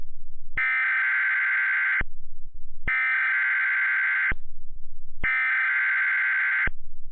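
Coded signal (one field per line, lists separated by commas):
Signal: Emergency Alert System (SAME) tones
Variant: header bursts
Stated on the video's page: Mock, simulated tornado alert using valid EAS tones.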